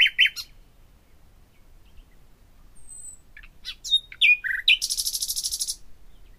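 Common nightingale song phrase: loud opening notes, a pause, then varied whistled and slurred notes building into a rapid, even, rattling trill at the end.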